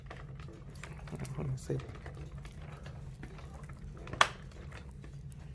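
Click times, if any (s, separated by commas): 4.2 s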